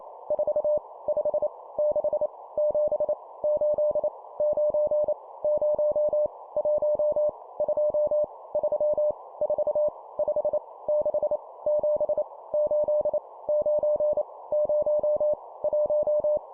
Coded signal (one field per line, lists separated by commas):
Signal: Morse code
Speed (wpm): 28 wpm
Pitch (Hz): 600 Hz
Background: none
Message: 4 5 6 7 8 9 0 1 2 3 4 5 6 7 8 9 0 1